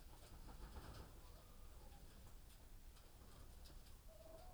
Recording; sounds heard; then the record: poultry house recording; healthy chickens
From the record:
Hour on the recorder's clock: 18